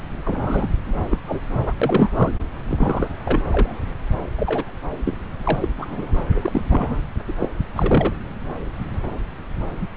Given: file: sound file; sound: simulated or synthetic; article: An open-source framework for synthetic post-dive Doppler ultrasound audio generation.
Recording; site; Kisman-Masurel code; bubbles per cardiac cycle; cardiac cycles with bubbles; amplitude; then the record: Doppler ultrasound audio after a dive; subclavian; 232; several, 3–8; 50–99%; moderate amplitude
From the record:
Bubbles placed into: full cardiac cycles